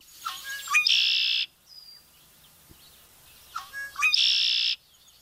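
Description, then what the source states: Red-winged blackbird singing twice: a few short gurgled introductory notes, then a loud buzzy trill lasting over half a second, separated by a quiet gap of about two seconds. Calling from its perch in the reeds.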